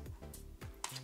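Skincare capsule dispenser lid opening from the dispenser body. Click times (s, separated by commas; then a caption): 0.8 s. The lid of a plastic Duolab skincare capsule dispenser is lifted open from the dispenser body after its cap has been removed, with faint handling taps beforehand. The latch releases with a sharp click at 0.8 s, and the lid is open.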